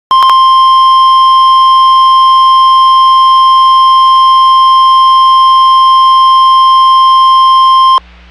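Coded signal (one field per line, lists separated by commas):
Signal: Emergency Alert System (SAME) tones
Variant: 1050 Hz attention tone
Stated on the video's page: Severe Thunderstorm Warning from NOAA Weather Radio, received via an online stream.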